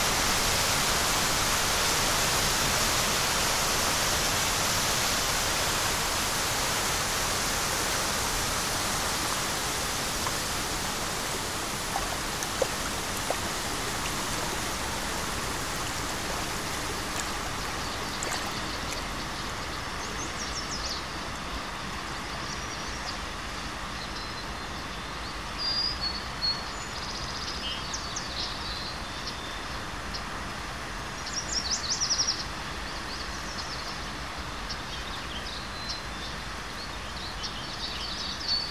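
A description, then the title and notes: The Merced River rushes in a steady, dense wash of water noise, brightest in the first half and easing slightly after about eighteen seconds. Later, faint high chirps, likely birds, appear briefly around twenty-six and thirty-two seconds. The deep bass tones of the fall, the clashing ringing spray an infinite variety of small, low tones of the current gliding past the side of the Boulder Island and glinting against a thousand smaller stones down the Ferny channel. Follow the sounds of the Merced River in Yosemite National Park.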